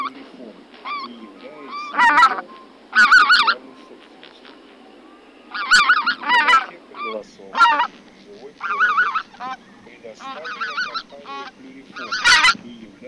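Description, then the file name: Greater white-fronted goose: greater white-fronted geese calling as a flock, overlapping yelping, laughing honks in bursts, several birds at once with gaps between outbursts. Flock chatter; recording made for an electronic hunting caller. "Белолобый базар"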